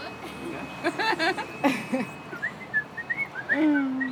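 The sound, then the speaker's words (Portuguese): A man whistles a short, chirpy birdsong imitation: quick rising and falling high notes in a run, ending with a longer sliding whistle, over faint background voices. “Um subiuzinho de passarinho.”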